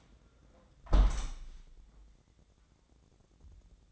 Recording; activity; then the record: daily activity, microphone in the room; close window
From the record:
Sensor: 3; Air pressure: 1012.3 hPa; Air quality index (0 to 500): 106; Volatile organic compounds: 1 ppm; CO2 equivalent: 835 ppm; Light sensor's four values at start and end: 175/420/172/159 and 177/425/173/160